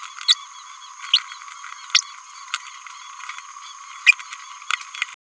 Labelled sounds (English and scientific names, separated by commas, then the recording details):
Green-rumped Parrotlet (Forpus passerinus) babbling
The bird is a male
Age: 29 days
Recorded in a nest box in Venezuela
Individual 17B102A4